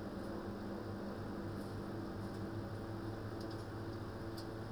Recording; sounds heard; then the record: poultry house recording; no chicken sound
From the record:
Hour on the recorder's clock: 17